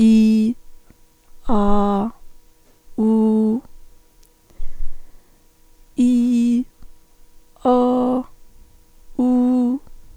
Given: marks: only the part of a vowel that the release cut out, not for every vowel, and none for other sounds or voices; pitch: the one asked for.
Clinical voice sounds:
sustained vowels; female; 50 to 59 years; 2; 0; 2
0.00-0.51 s: vowel /i/, normal pitch
1.52-2.03 s: vowel /a/, normal pitch
3.02-3.54 s: vowel /u/, normal pitch
6.03-6.56 s: vowel /i/, high pitch
7.67-8.18 s: vowel /a/, high pitch
9.22-9.73 s: vowel /u/, high pitch
From the record:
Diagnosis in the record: functional dysphonia, psychogenic dysphonia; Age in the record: 53 years

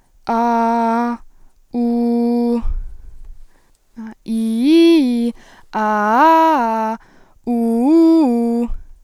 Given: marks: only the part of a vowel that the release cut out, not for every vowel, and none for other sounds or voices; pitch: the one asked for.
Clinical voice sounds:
sustained vowels; female; 18 to 19 years; 0; 0; 0
0.33-1.08 s: vowel /a/, low pitch
1.79-2.52 s: vowel /u/, low pitch
4.34-5.27 s: vowel /i/, low-high-low pitch
5.80-6.91 s: vowel /a/, low-high-low pitch
7.52-8.61 s: vowel /u/, low-high-low pitch
From the record:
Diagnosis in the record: healthy voice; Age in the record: 19 years

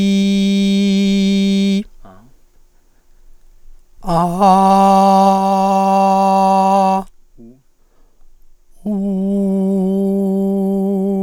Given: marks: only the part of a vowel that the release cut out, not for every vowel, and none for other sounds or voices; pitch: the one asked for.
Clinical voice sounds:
sustained vowels; female; 30 to 39 years; 2; 2; 2
0.00-1.60 s: vowel /i/, normal pitch
4.69-6.63 s: vowel /a/, normal pitch
9.10-11.03 s: vowel /u/, normal pitch
From the record:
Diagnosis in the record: hyperfunctional dysphonia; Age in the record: 38 years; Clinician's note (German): Ausgeprägte Gesangsstimme

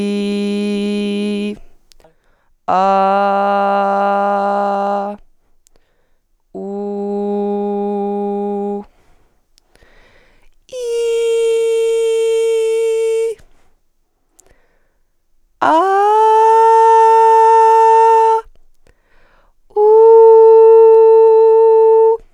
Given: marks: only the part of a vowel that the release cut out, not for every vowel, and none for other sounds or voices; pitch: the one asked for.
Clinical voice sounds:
sustained vowels; female; 20 to 29 years; 1; 1; 0
0.00-1.40 s: vowel /i/, normal pitch
3.28-4.86 s: vowel /a/, normal pitch
6.80-8.61 s: vowel /u/, normal pitch
11.16-13.11 s: vowel /i/, high pitch
16.08-17.41 s: vowel /a/, high pitch
20.16-21.89 s: vowel /u/, high pitch
From the record:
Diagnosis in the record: healthy voice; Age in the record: 22 years

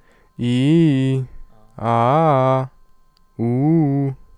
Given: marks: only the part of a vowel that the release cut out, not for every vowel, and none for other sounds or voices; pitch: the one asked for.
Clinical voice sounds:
sustained vowels; male; 20 to 29 years; 0; 0; 0
0.44-1.16 s: vowel /i/, low-high-low pitch
1.86-2.58 s: vowel /a/, low-high-low pitch
3.42-4.06 s: vowel /u/, low-high-low pitch
From the record:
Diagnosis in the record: healthy voice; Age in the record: 28 years

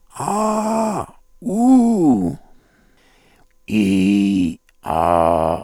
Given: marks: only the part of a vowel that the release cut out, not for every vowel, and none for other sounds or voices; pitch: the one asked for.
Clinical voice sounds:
sustained vowels; male; 50 to 59 years; 3; 3; 1
0.31-0.92 s: vowel /a/, high pitch
1.55-2.07 s: vowel /u/, high pitch
3.78-4.43 s: vowel /i/, low pitch
4.97-5.50 s: vowel /a/, low pitch
From the record:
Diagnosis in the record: cordectomy, ventricular fold phonation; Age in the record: 55 years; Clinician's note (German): Zustand nach Chordektomie, beginnende Taschenfaltenstimme

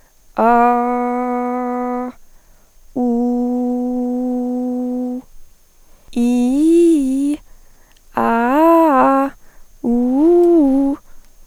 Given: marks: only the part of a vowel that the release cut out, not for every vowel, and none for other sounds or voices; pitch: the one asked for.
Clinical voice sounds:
sustained vowels; female; 18 to 19 years; 0; 0; 0
0.76-1.98 s: vowel /a/, low pitch
3.32-4.92 s: vowel /u/, low pitch
6.27-7.29 s: vowel /i/, low-high-low pitch
8.32-9.17 s: vowel /a/, low-high-low pitch
9.96-10.87 s: vowel /u/, low-high-low pitch
From the record:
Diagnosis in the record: healthy voice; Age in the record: 18 years

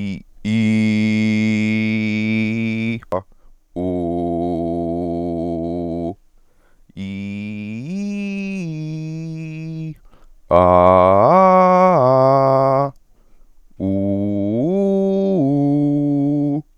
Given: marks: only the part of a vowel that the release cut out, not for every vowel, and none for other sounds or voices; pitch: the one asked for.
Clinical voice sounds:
sustained vowels; male; 20 to 29 years; 1; 1; 1
0.64-2.79 s: vowel /i/, low pitch
3.99-5.85 s: vowel /u/, low pitch
7.03-9.75 s: vowel /i/, low-high-low pitch
10.93-12.73 s: vowel /a/, low-high-low pitch
14.19-16.49 s: vowel /u/, low-high-low pitch
From the record:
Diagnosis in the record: healthy voice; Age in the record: 25 years

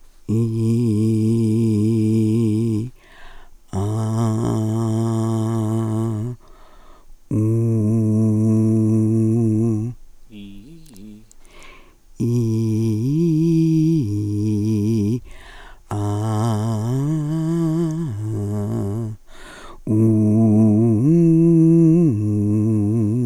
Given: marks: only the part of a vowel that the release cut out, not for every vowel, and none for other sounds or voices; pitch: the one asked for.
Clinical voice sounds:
sustained vowels; female; 60 to 69 years; 2; 2; 2
0.57-2.73 s: vowel /i/, low pitch
4.61-6.15 s: vowel /a/, low pitch
8.01-9.63 s: vowel /u/, low pitch
12.70-14.50 s: vowel /i/, low-high-low pitch
16.56-18.55 s: vowel /a/, low-high-low pitch
21.66-22.59 s: vowel /u/, low-high-low pitch
From the record:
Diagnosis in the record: dysodia (singing voice disorder); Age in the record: 65 years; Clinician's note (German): Dysodie

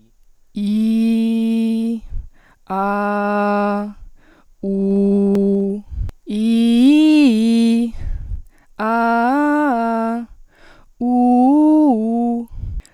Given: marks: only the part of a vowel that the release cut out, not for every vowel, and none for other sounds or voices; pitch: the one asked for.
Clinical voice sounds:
sustained vowels; female; 20 to 29 years; 1; 1; 0
0.63-1.90 s: vowel /i/, low pitch
2.76-3.81 s: vowel /a/, low pitch
4.67-5.33 s: vowel /u/, low pitch
6.37-7.81 s: vowel /i/, low-high-low pitch
8.86-10.16 s: vowel /a/, low-high-low pitch
11.08-12.36 s: vowel /u/, low-high-low pitch
From the record:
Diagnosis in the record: healthy voice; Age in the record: 23 years

